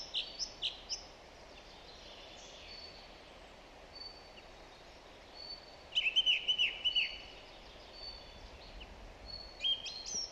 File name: Zanglijster Turdus philomelos